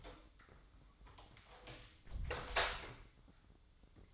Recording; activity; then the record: daily activity, microphone in the room; close door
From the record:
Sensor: 3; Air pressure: 1004.9 hPa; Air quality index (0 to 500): 74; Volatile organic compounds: 2 ppm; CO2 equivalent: 1105 ppm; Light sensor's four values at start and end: 9/20/8/8 and 9/20/8/8